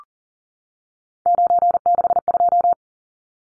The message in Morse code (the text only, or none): 962